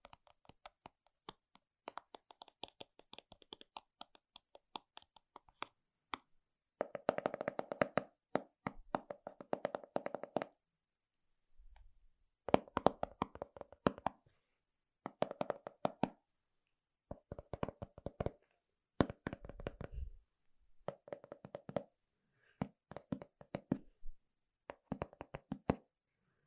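Fingertips tap across Apple gear and boxes, sometimes lightly and sparsely, sometimes in fast dense bursts of clicks with a hollow, woody knock. Bursts last a second or two, separated by brief silences, with a low thud near twelve and twenty seconds.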